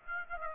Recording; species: mosquito wingbeat signal from an infrared sensor; Aedes aegypti